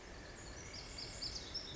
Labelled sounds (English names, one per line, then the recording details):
Pacific Wren
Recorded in Sonoma County, California